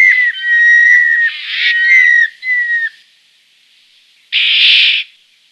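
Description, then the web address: White-winged chough giving drawn-out whistled notes, some slurring down, followed after a pause by a harsh, rasping burst. Canberra. "canberra-garden-birds chough"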